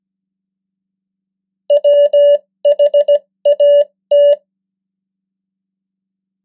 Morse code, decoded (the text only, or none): WHAT